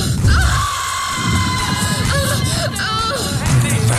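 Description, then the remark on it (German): A crowd of women at the Codex Club in Aachen shrieks and screams with joy over 100 pairs of shoes seeking new owners, high squealing voices overlapping loudly and continuously over a dense, chaotic babble. “Was ist denn los? Schrei vor Glück.”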